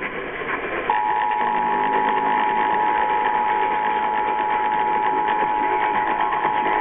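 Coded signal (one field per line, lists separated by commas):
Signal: Emergency Alert System (SAME) tones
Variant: 853 and 960 Hz attention tone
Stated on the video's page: Required Monthly Tests from Tennessee, New York City, Richmond and Ohio, recorded in the early hours.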